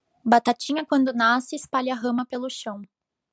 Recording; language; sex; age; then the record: short text; Brazilian Portuguese; female; 20 to 29 years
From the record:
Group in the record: control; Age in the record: 25 years